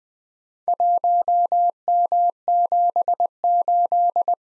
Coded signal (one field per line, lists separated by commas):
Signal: Morse code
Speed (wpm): 20 wpm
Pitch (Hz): 700 Hz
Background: none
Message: 1M78